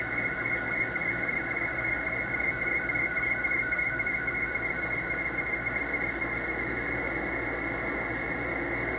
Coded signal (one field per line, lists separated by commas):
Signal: SSTV (slow-scan television)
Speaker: a little bit of slow scan television this morning KQ for Z H so